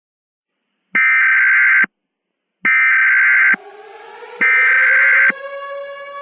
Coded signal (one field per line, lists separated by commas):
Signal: Emergency Alert System (SAME) tones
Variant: header bursts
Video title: EAS Mock: A lake volcanic eruption (Remastered)